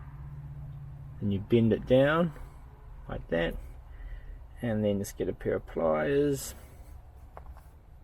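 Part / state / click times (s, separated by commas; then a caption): plastic wire-tap connector clamped onto a wiring harness wire / seated / 7.4 s. A plastic wire-tap splice connector, with the wire inserted and bent down, is clamped onto a wiring harness wire of a 2009–2013 Toyota RAV4 head unit and squeezed shut with pliers. Someone talks for most of the clip. Then a sharp click at 7.4 s, followed by two smaller clicks, shows the connector's latch snapping closed and seated.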